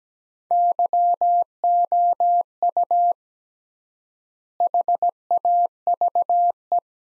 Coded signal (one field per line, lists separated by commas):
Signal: Morse code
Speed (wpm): 17 wpm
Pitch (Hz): 700 Hz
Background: none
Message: YOU HAVE